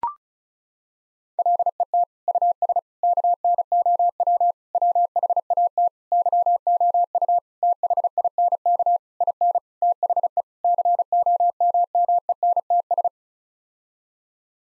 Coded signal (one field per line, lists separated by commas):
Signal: Morse code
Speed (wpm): 34 wpm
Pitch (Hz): 700 Hz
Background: none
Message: LET US KNOW WHAT YOU THINK IN THE COMMENTS